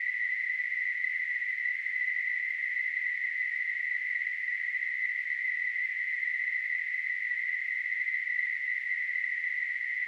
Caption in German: Tinnitus.